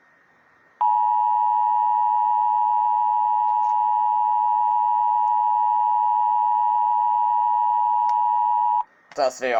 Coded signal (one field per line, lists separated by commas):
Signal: Emergency Alert System (SAME) tones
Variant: 853 and 960 Hz attention tone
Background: speech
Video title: EAS 434 SVR NWS FORT WORTH